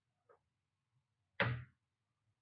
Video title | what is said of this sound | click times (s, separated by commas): Suzuki Vitara (2016-2023) - Instalación de luces LED interiores (interior LED lights Installation) | Okay. La giramos hasta escuchar el clic. | 1.4 s